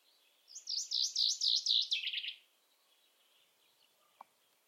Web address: cianscape birddata Deverinetal 2025 File origin Bird Only Fr Co